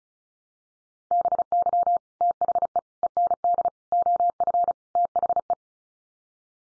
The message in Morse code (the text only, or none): BY THE END OF THE